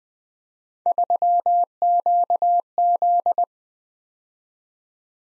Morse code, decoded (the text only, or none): 3QZ